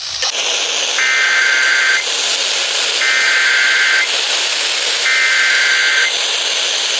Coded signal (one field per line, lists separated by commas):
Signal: Emergency Alert System (SAME) tones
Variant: header bursts